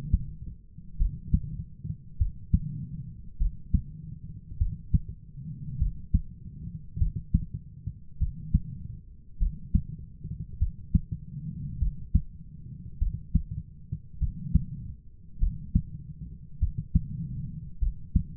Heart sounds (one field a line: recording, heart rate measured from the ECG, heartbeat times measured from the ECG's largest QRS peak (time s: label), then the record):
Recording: heart sounds by stethoscope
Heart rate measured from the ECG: 50 bpm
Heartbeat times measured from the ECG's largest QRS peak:
0.96 s: heartbeat
2.16 s: heartbeat
3.36 s: heartbeat
4.56 s: heartbeat
5.76 s: heartbeat
6.96 s: heartbeat
8.16 s: heartbeat
9.37 s: heartbeat
10.57 s: heartbeat
11.77 s: heartbeat
12.97 s: heartbeat
14.17 s: heartbeat
15.37 s: heartbeat
16.57 s: heartbeat
17.77 s: heartbeat
From the record:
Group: heart failure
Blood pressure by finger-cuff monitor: 85/47 mmHg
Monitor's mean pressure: 60 mmHg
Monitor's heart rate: 50 bpm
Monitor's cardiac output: 4.2 L/min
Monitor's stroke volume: 84 mL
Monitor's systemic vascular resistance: 990 dyn s/cm5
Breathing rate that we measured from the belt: 21 breaths a minute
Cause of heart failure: dilated cardiomyopathy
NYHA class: 3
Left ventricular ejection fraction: 27%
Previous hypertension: present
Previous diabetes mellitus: present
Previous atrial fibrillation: present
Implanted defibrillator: present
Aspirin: present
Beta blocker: bisoprolol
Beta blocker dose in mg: 1.25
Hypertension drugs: sacubitril-valsartan, spironolactone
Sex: female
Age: 39 years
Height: 170 cm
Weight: 64 kg